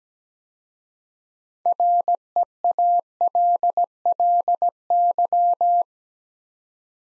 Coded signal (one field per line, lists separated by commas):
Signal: Morse code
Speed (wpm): 17 wpm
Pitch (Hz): 700 Hz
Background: none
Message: REALLY